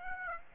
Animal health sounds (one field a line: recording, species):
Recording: mosquito wingbeat signal from an infrared sensor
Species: Aedes aegypti